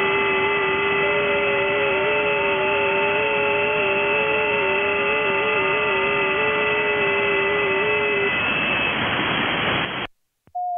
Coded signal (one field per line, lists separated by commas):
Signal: FT8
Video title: 7073T 30m 15th Nov 2023 Socotra Island Yemen 4180 miles (6727 km)